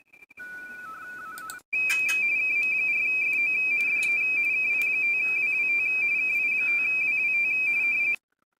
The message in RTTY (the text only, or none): KM4FO DE KI5WWT KI5WWT